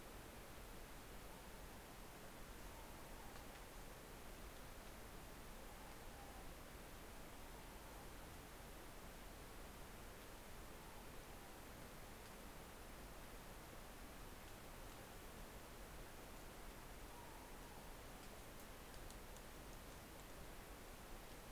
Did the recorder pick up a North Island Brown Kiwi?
no